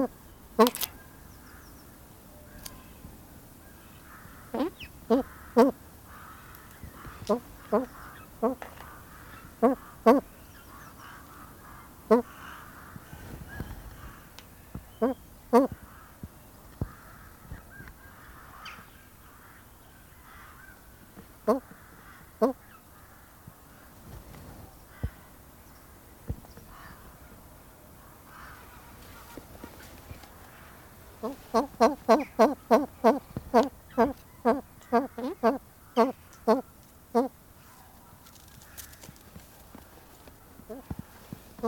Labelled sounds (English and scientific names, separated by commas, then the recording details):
Blue Eared Pheasant (Crossoptilon auritum) call
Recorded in captivity
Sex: pair
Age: adult
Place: Tierpark Berlin, Berlin, DE
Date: 1997-01-12 14:42
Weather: heiter, fast windstill, -5°C
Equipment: Nagra SN, Kopie Uher 4000 Report Monitor
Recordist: Tembrock, Günter